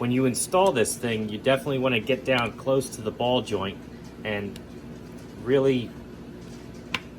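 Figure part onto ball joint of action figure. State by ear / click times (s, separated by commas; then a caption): seated / 6.9 s. A plastic action-figure part is pressed onto the ball joint of an action figure, with the fingers held close to the joint to support the brittle plastic so it doesn't flex and crack. Someone talks, then a single sharp click at 6.9 s marks the part popping on and seating onto the ball joint.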